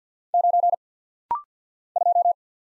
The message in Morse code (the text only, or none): 9 2